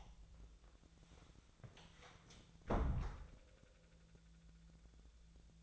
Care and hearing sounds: daily activity, microphone in the room; close door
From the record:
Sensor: 3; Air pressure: 1000.4 hPa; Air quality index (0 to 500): 178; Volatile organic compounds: 4 ppm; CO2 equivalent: 1543 ppm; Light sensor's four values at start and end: 14/33/14/15 and 14/33/14/15

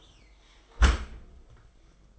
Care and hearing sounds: daily activity, microphone in the room; close dishwasher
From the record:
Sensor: 5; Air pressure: 990.6 hPa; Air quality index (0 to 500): 160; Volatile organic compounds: 247 ppm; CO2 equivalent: 4352 ppm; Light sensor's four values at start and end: 36/113/43/46 and 36/111/43/45

